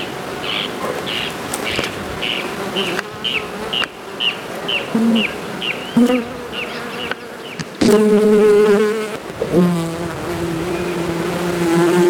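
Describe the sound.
Bee buzzing, a low drone in the latter part after a run of repeated high chirps, with a few brief softer hums before it.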